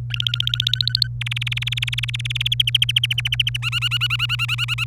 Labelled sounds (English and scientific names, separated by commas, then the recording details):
Domestic Canary (Serinus canaria) song
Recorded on 27 April 2018 at 10:26
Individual llb3